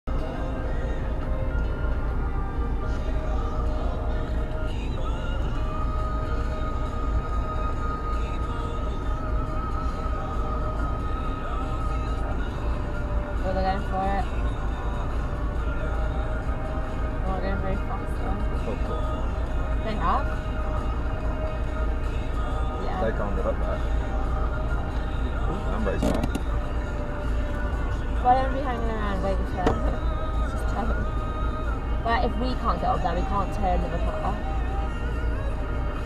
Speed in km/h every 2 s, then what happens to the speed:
0, 0, 0, 0, 0, 0, 0, 0, 0, 0, 0, 0, 0, 0, 0, 0, 0, 0.
0-36 standing.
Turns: none.